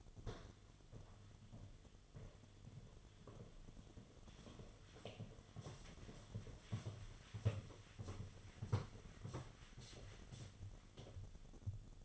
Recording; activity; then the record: daily activity, microphone in the room; walk to room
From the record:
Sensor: 4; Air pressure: 1011.0 hPa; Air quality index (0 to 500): 159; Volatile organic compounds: 4 ppm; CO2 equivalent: 1624 ppm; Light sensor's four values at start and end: 44/126/51/52 and 43/122/49/51